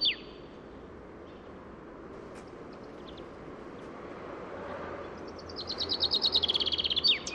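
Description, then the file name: Common chaffinch singing: a loud note at the start, a long quiet stretch of soft hiss, then a rapid high trill of repeated notes building near the end. "Fringilla coelebs"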